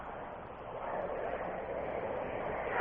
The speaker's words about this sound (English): Sorry, there's a plane. I hear that.